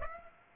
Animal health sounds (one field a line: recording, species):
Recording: mosquito wingbeat signal from an infrared sensor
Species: Aedes aegypti